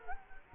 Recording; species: mosquito wingbeat signal from an infrared sensor; Culex quinquefasciatus